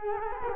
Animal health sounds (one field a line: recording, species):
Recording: mosquito wingbeat signal from an infrared sensor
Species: Culex quinquefasciatus